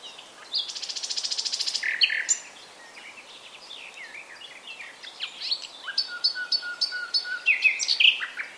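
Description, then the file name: Common nightingale song starting with a fast buzzing rattle, then mixed chips and a long level whistle among repeated notes. "Luscinia megarhynchos"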